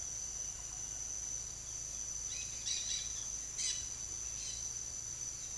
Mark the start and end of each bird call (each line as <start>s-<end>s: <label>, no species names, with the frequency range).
2.20s-3.10s: bird call (2.0-7.2 kHz)
3.54s-3.90s: bird call (2.0-8.4 kHz)
4.35s-4.71s: bird call (2.3-8.3 kHz)